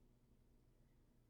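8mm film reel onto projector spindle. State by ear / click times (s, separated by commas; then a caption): not seated / none. An 8mm film reel is handled at a projector's right-hand spindle, about to be pushed inward so it sits snugly on the spindle. Only a quiet, steady low hum and faint noise are heard, with no sharp sounds. The reel has not yet clicked or seated on the spindle.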